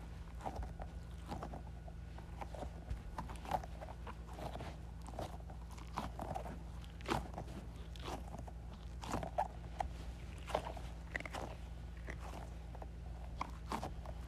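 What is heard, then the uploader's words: A squishy ball is squeezed over and over, making short wet squelches and crackles that arrive irregularly, roughly once or twice a second, with a few sharper pops around seven and ten seconds. A steady low hum runs underneath throughout. Squeezing Squishy Ball.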